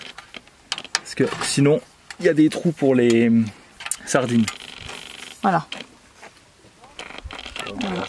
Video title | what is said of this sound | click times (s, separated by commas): Présentation de notre combi T3 Westfalia Joker | pareil cliquer petit clic est là | 0.7 s, 0.9 s